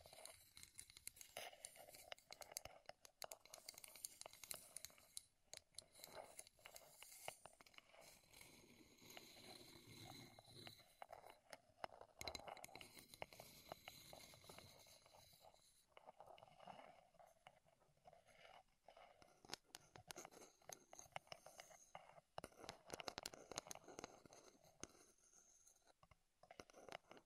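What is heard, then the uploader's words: Wooden triggers fill the whole clip with crisp tapping, clicking and scratching, dense and irregular rather than rhythmic. The texture stays bright and busy throughout, with brief quieter gaps and bursts of firmer taps near 12 and 23 seconds. ASMR Wood Triggers in Your Ears (No Talking).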